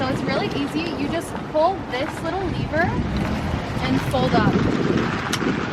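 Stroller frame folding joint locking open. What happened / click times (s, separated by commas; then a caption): The folding frame locked open / 5.3 s. Someone talks while pulling a small lever on a folded Nuna Mixx (2019) stroller and unfolding the frame. At 5.3 s a single sharp hit sounds as the folding joint locks the stroller frame into its open position, so the stroller is assembled.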